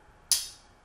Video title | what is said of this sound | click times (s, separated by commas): Fly Fishing Reels - The Waterworks-Lamson - part 2 | on all of our reels when you press across the axis of this of the of the frame and spool you hear a pop or snap that's the compression of the o-ring as the flare at the base of the spindle passes over the o-ring and locks into the chamber | 0.3 s